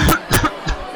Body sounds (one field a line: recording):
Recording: coughing mixed with background sound